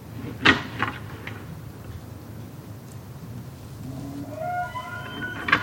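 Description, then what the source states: Elk antler clashing: a few sharp wooden clacks early on, a quiet stretch, then a rising tonal squeal and another loud clack at the end. Two bull elk fighting, clacking antlers, across the street from a house in Upper Mammoth, Yellowstone, recorded about 30 yards away; such fights happen every night, all night long.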